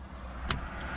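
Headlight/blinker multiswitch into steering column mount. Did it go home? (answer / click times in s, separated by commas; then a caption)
yes / 0.5 s. A new plastic headlight/turn-signal multiswitch (AC Delco D6253E or GM 20940369) is pushed by hand into its mount on the steering column of a 2007 Pontiac G6. Over a low, steady background rumble, one short, sharp click sounds at 0.5 s as the switch snaps into place. The multiswitch is seated.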